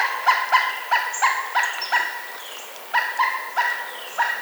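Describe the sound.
Woodpecker giving quick series of nasal, barking notes in uneven bursts, with a brief pause midway and a few faint higher notes.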